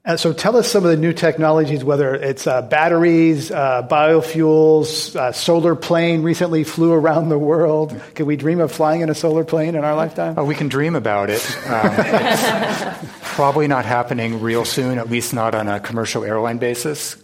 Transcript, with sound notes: so tell us some of the new technologies whether it's batteries, biofuels, a solar plane recently flew around the world. Can we dream of flying in a solar plane in our lifetime?
We can dream about it.
[Laughter]
Probably not happening real soon at least not on a commercial airline basis.